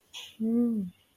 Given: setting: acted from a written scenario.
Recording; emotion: vocal sound without words; neutral